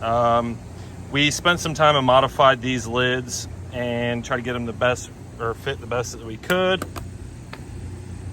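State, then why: Seated. Someone talks over a steady low hum while a modified saddlebag lid with a built-in speaker on a 2020 Indian Challenger motorcycle is closed onto its saddlebag; the lids were modified to get the best fit. A short sharp click at 7.5 s marks the lid latching shut, fully seated.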